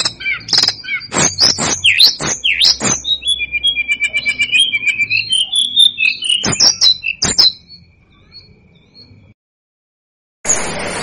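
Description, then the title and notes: Tledekan gunung song: rapid sharp clicking notes, then a long run of high, thin whistled warbles, a few more clicks, a quiet pause and a short burst of noise. Master recording used for training cage birds; also called sikatan gunung. "Masteran Tledekan Gunung Sikatan Gunung. BURUNG TLEDEKAN"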